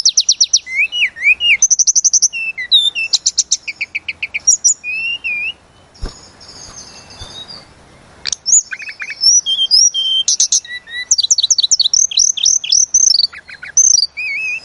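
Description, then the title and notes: Tledekan gunung singing a busy medley of high twittering notes, wavering whistles and fast trills, briefly dropping to a soft hiss midway before resuming rapid phrases. Master recording used for training cage birds. "Masteran Tledekan Gunung Sikatan Gunung. burung tledekan"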